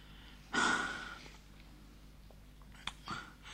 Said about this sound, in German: Schön, das Atmen fällt einem so schwer in die Maske.